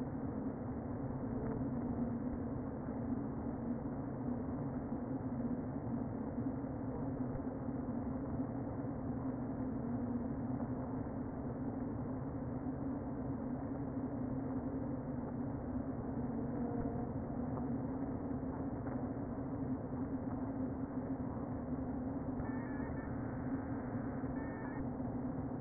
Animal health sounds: honeybee colony, microphone inside the hive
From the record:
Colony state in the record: queen present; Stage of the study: before two queens were removed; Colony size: about 60,000 bees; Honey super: yes

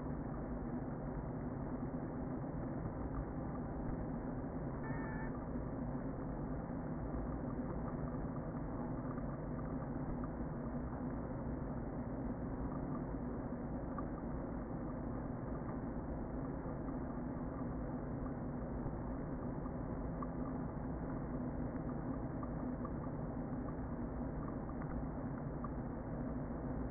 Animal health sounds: honeybee colony, microphone inside the hive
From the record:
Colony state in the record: queen present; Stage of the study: before two queens were removed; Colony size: about 60,000 bees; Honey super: yes

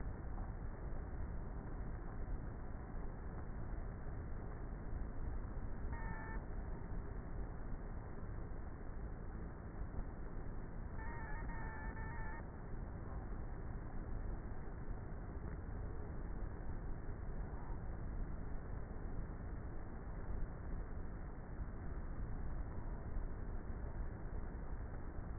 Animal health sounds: honeybee colony, microphone inside the hive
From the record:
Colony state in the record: queenless with a low population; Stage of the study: before two queens were removed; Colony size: about 30,000 bees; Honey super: no

